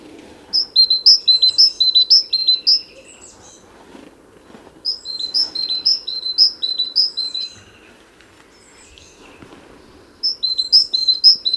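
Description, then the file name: Great tit singing bright, two-note see-saw phrases, repeated rapidly in three bursts separated by short pauses, over a quiet background. "Parus major"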